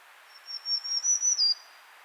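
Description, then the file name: Black-throated green warbler song: a thin, high buzzy phrase lasting about a second, holding steady, then rising slightly before dropping at the end, over a faint hiss. "Setophaga virens - Black-throated Green Warbler"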